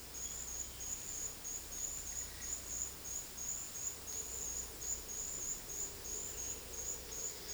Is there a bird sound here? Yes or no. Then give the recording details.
no. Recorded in dense forest near Puerto Asís, Putumayo, Colombia, on 19 February 2024 at 14:00. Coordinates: 0.481, -76.318. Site G6421